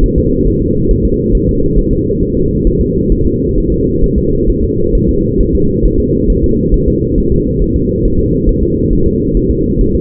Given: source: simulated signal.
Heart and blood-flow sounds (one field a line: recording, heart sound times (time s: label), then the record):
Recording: fetal heart sounds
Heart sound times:
0.04 s: S1
0.18 s: S2
0.47 s: S1
0.62 s: S2
0.91 s: S1
1.05 s: S2
1.35 s: S1
1.49 s: S2
1.78 s: S1
1.93 s: S2
2.23 s: S1
2.37 s: S2
2.67 s: S1
2.81 s: S2
3.12 s: S1
3.26 s: S2
3.58 s: S1
3.72 s: S2
4.04 s: S1
4.18 s: S2
4.49 s: S1
4.64 s: S2
4.95 s: S1
5.09 s: S2
5.41 s: S1
5.55 s: S2
5.85 s: S1
6.00 s: S2
6.30 s: S1
6.44 s: S2
6.74 s: S1
6.88 s: S2
7.18 s: S1
7.32 s: S2
7.62 s: S1
7.76 s: S2
8.05 s: S1
8.20 s: S2
8.49 s: S1
8.63 s: S2
8.93 s: S1
9.07 s: S2
9.37 s: S1
9.51 s: S2
9.81 s: S1
9.95 s: S2
From the record:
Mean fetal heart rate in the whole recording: 135 bpm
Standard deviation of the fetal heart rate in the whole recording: 3 bpm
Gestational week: 36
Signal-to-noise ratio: -15.3 dB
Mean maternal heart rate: 72 bpm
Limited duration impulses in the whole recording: present